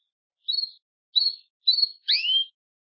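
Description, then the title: Belgian canary: three short high chirps, followed by a longer slurred whistled note. "Canario Belga"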